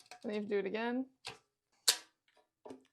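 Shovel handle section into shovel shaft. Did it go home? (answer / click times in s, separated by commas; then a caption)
yes / 1.9 s. A second handle section of a foldable snow shovel is pushed into the shovel shaft while someone talks. A sharp click at 1.9 s shows the section popping into place and seating firmly, followed by a couple of quieter knocks.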